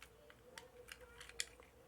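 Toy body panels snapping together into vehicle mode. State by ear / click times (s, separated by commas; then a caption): seated / 0.6 s, 0.9 s, 1.4 s. Folded plastic body panels of a transforming robot toy are pushed and snapped together into vehicle mode. Sharp plastic clicks are heard at 0.6, 0.9 and 1.4 seconds, the last being the loudest, over a faint steady hum. The panels seat together and the toy is finished in its vehicle mode.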